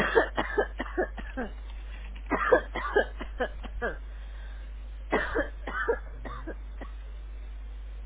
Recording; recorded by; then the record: voluntary cough; telephone call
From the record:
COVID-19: negative